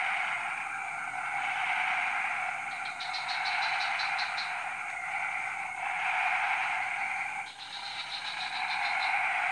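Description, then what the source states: Frogs calling in a dense, continuous chorus that swells and fades, with short bursts of rapid, high-pitched clicking pulses breaking in twice. Chorus recorded at 03:00 on Tuesday 14 February 2017 at Jalan Kolonel Sugiono No. 9, Kuala Kapuas, Central Kalimantan, Indonesia.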